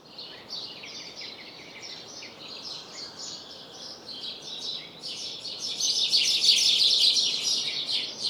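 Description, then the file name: House sparrow chirping in a dense, continuous chatter of bright, short notes that grows louder and busier in the second half. "Passer domesticus"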